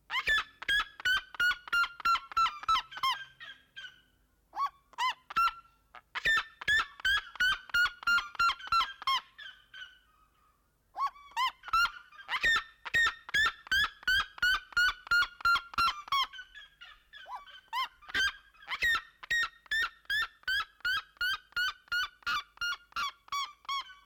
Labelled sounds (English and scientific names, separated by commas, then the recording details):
Red-legged Seriema (Cariama cristata) call
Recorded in captivity
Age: adult
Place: Zoo Berlin, Berlin, DE
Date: 1992-11-07 11:46
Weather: bedeckt, 14°C
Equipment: Marantz CP 430, Sennheiser ME 80, Kopie Tesla B 116
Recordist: Tembrock, Günter